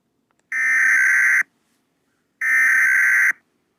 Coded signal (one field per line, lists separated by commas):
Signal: Emergency Alert System (SAME) tones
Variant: header bursts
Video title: EAS Scenario-- VIBE CHECK